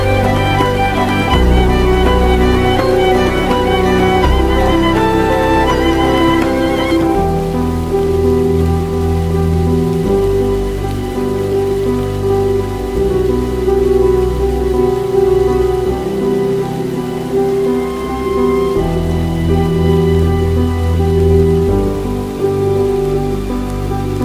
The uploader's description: Dark academia atmosphere plus rain